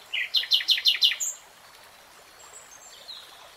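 Nightingale song: a quick series of about six loud repeated notes, followed by faint high chirps over steady background hiss.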